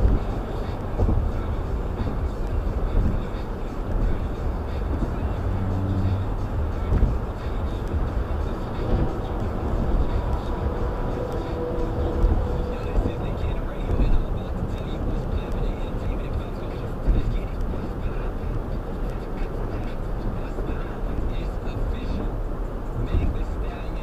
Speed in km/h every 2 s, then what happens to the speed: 111, 111, 109, 109, 109, 108, 106, 105, 106, 106, 106, 105.
0-24 steady at about 106.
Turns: none.